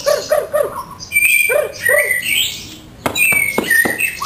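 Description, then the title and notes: White-rumped shama uttering short downslurred notes in quick series, then long high whistles and sharp clicks. Song used as a master (masteran) for training caged songbirds. "Suara Kicau Burung Murai Batu. burung murai buat masteran"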